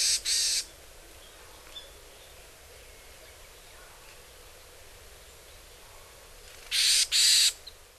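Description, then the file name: Varied tit calling with a pair of rasping nasal notes, then a long pause, then another buzzy pair, against constant hiss. Recorded in Hyogo, Japan. "yamagara 0904 hyogo kaji"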